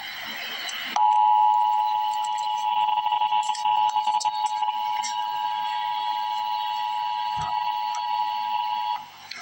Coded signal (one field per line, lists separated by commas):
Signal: Emergency Alert System (SAME) tones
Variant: 853 and 960 Hz attention tone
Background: speech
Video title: Emergency Alert System - Wind Advisory - Nov 25, 2025 at 1:24 PM EST